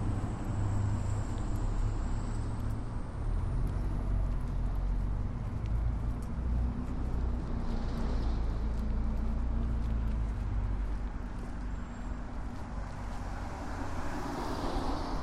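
A walk through Marpole, filled with a steady, dense rumble of passing traffic that stays at an even level throughout. A deep engine drone sits underneath, with faint brighter swishes of vehicles coming and going and a thin high whine early on.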